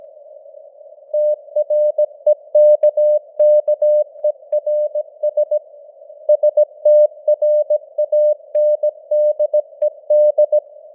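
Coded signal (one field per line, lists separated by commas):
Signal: Morse code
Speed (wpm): 17 wpm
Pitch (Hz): 600 Hz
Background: none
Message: TREKKERS STRANDED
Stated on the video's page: News headlines in Morse at 17 wpm with simulated radio noise and fading (QSB).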